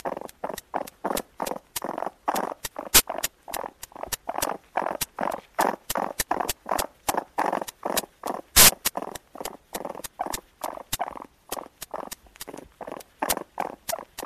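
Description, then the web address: Raccoon churring: rapid rhythmic grunting pulses throughout, with occasional sharp clicks between them. "енот"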